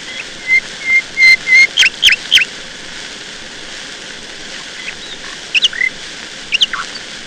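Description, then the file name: Nightingale song opening with a row of clear, level whistled notes, followed by a few sharp notes, a pause, then a few scattered short notes. "Solovei"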